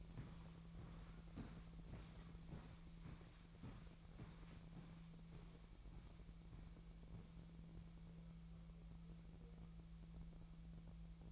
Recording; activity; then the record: daily activity, microphone in the room; walk to room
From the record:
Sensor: 1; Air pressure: 1012.3 hPa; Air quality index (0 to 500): 193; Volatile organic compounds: 4 ppm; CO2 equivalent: 1550 ppm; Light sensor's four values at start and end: 80/187/80/86 and 83/199/84/89